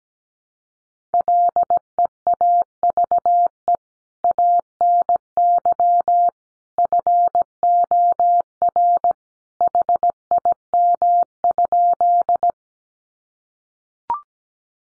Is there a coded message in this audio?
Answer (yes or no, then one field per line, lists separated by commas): yes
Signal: Morse code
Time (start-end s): 1.1-12.5 s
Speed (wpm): 17 wpm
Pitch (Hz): 700 Hz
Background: none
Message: LEAVE ANY FOR HIM?